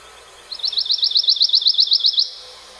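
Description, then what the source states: Pine warbler song: a steady monotone trill of many quick, evenly spaced high notes lasting under two seconds, over a quiet background. Monotone trill; common, widespread eastern U.S. species singing most months across the southeast; year-round resident.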